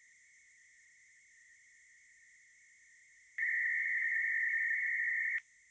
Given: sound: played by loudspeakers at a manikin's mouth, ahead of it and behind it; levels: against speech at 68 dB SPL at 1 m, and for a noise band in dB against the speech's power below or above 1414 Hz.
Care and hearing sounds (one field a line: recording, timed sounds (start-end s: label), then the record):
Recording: test signals for a remote microphone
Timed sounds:
0.00-3.38 s: noise band at 2000 Hz, -13 dB
3.38-5.38 s: noise band at 2000 Hz, +22 dB
5.38-5.71 s: noise band at 2000 Hz, -13 dB
From the record:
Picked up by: remote microphone B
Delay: 24 ms